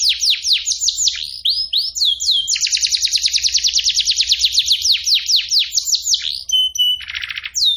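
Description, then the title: Canary song with swooping whistles leading into a long, rapid trill, then a level whistled tone and a short buzzy rattle near the end. Champion canary's training song, a tutor recording for teaching competition canaries. "Masteran Kenari Juara"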